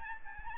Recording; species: mosquito wingbeat signal from an infrared sensor; Aedes albopictus